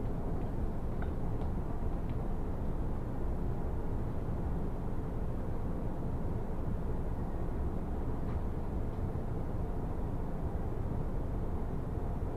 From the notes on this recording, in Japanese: 武蔵小杉からは相鉄直通線で羽沢横浜国大を通りながら二俣川まで移動し、特急に乗り換えて大和へと向かいます。